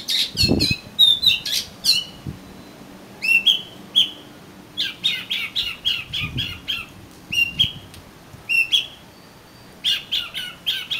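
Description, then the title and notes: Oriental magpie-robin song: a lively series of loud whistles, slurred notes and harsh chips, with a few low thuds in the background. "suara kacer. kumpulan suara burung kacer"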